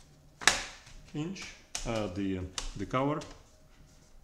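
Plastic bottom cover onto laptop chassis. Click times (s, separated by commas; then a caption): 0.4 s, 0.5 s. After a cable is guided through its hole during a charge port power jack repair on a Dell Inspiron 15 3000 laptop, the plastic bottom cover is closed down and pressed onto the laptop chassis. A sharp, loud snap rings out at 0.4 s and 0.5 s, showing the cover has seated into place, and then someone talks.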